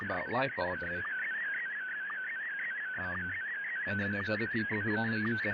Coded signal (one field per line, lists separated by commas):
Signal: SSTV (slow-scan television)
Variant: Scottie DX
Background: speech